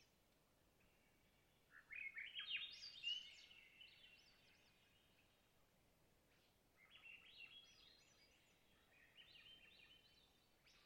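A Swainson's Thrush sings two rising, spiraling phrases, the first from about 1.5 to 4 seconds and a softer one from about 7 to 10 seconds. The fluty notes climb in pitch through each phrase. Between songs there is only a faint, steady outdoor hush.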